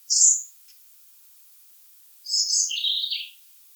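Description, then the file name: European robin giving a brief high piercing note, then after a pause a fast tinkling, descending warbled phrase. "Erithacus rubecula"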